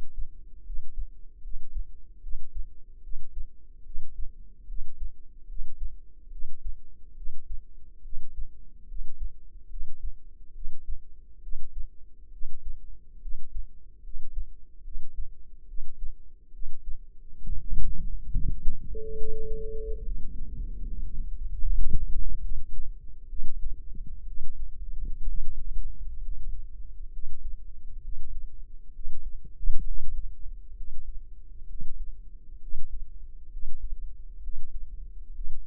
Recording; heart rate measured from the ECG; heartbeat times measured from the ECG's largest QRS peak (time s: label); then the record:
heart sounds by microphone in the left ear; 69 bpm
0.64 s: heartbeat
1.41 s: heartbeat
2.20 s: heartbeat
3.01 s: heartbeat
3.83 s: heartbeat
4.66 s: heartbeat
5.46 s: heartbeat
6.29 s: heartbeat
7.14 s: heartbeat
8.02 s: heartbeat
8.86 s: heartbeat
9.68 s: heartbeat
10.52 s: heartbeat
11.40 s: heartbeat
12.30 s: heartbeat
13.19 s: heartbeat
14.01 s: heartbeat
14.82 s: heartbeat
15.65 s: heartbeat
16.50 s: heartbeat
17.39 s: heartbeat
18.30 s: heartbeat
19.15 s: heartbeat
20.02 s: heartbeat
20.84 s: heartbeat
21.58 s: heartbeat
22.39 s: heartbeat
23.27 s: heartbeat
24.25 s: heartbeat
25.25 s: heartbeat
26.20 s: heartbeat
27.11 s: heartbeat
28.01 s: heartbeat
28.92 s: heartbeat
29.83 s: heartbeat
30.74 s: heartbeat
31.66 s: heartbeat
32.59 s: heartbeat
33.49 s: heartbeat
34.40 s: heartbeat
35.32 s: heartbeat
From the record:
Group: healthy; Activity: rest 0-22 s, Valsalva maneuver 22-36 s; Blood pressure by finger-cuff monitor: 115/74 mmHg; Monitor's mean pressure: 86 mmHg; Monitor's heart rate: 69 bpm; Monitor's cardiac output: 5.4 L/min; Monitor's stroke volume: 77 mL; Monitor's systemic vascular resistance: 1160 dyn s/cm5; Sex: female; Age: 22 years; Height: 160 cm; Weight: 45 kg